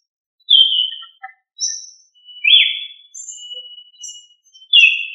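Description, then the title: Sabiá (thrush) song: clear whistled phrases, some falling, with a long thin steady note and short high notes between, in a quiet background. "Familia Turdidae - Sabia"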